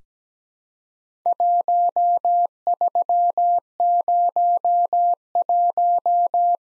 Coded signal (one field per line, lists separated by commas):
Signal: Morse code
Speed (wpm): 17 wpm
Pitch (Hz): 700 Hz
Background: none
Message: 1301